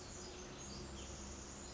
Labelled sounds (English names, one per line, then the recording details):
Pacific Wren
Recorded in Sonoma County, California